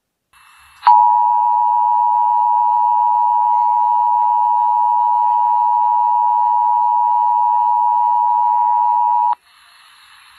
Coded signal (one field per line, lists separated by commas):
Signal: Emergency Alert System (SAME) tones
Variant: 853 and 960 Hz attention tone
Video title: EAS Mock: EAS Test after EAS Test